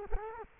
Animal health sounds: mosquito wingbeat signal from an infrared sensor; Culex quinquefasciatus

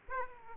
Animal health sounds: mosquito wingbeat signal from an infrared sensor; Aedes aegypti

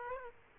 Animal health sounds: mosquito wingbeat signal from an infrared sensor; Aedes aegypti

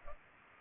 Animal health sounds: mosquito wingbeat signal from an infrared sensor; Culex pipiens

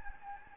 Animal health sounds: mosquito wingbeat signal from an infrared sensor; Anopheles gambiae

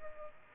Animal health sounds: mosquito wingbeat signal from an infrared sensor; Aedes aegypti

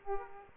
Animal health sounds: mosquito wingbeat signal from an infrared sensor; Aedes aegypti

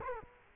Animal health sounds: mosquito wingbeat signal from an infrared sensor; Culex quinquefasciatus

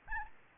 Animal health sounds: mosquito wingbeat signal from an infrared sensor; Aedes albopictus

